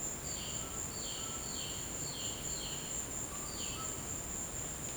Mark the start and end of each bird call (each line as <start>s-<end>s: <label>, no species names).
0.25s-2.95s: bird call
3.46s-4.04s: bird call